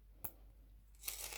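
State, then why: Seated. A push clasp catch on an old-fashioned metal clasp of a long chain necklace is pressed back into its housing and snaps in with a sharp click at 0.3 s, so the clasp is seated. After a quiet stretch, a brighter rustling, crinkly noise rises near the end.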